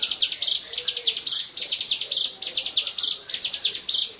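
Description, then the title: Bar-winged prinia singing fast series of sharp, high chips that run into a drawn-out buzzy note, the phrase repeated again and again. "Suara Burung Ciblek"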